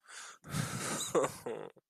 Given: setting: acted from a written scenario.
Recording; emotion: vocal sound without words; guilt